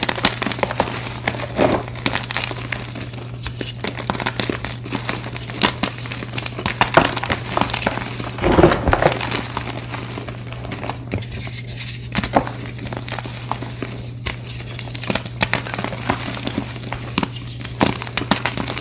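Blocks of gym chalk are crushed in a dense, continuous run of crumbling and crinkling sounds, with sharp crunchy snaps scattered throughout. A steady low hum runs underneath the whole time, and a heavier crunch stands out around the eight-second mark.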